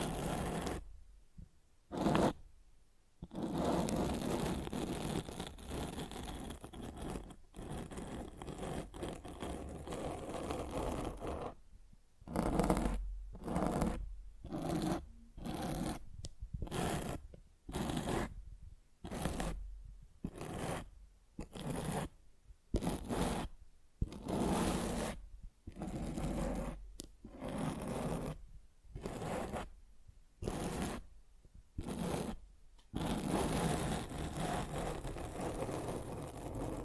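Scratching and rubbing against a microphone, rough bursts of scraping noise that stop and start in quick irregular strokes, with brief silences between.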